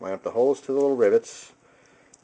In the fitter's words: and pop it on you can kind of hear that one that one snapped on